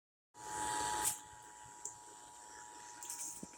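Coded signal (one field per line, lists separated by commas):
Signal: Emergency Alert System (SAME) tones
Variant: 853 and 960 Hz attention tone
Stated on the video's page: Broadcast radio and TV stations carrying the Required Monthly Test.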